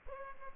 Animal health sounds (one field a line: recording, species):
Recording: mosquito wingbeat signal from an infrared sensor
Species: Culex pipiens